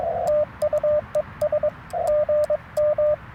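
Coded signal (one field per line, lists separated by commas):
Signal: Morse code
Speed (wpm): 22 wpm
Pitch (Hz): 1200 Hz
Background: radio noise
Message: TU ES GM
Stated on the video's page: CW Parks on the Air activation at 100 watts, Yaesu FT-891, Chelegance MC-750 antenna, BaMaKeY TP-III key.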